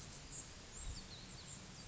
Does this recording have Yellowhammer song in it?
no